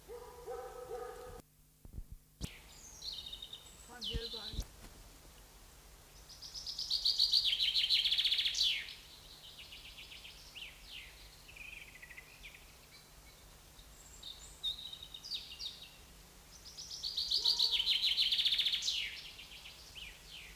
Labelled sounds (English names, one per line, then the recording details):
Common Chaffinch song
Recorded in the wild
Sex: male
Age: adult
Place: Bogensee, Barnim, Brandenburg, DE
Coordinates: 52.7714, 13.5294
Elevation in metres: 60
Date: 2004-05-30 15:14
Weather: sunny, 21-24°C
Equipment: Sony WM-D6C, Sennheiser ME 80, Kopie Uher 4000 Report Monitor
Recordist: Tembrock, Günter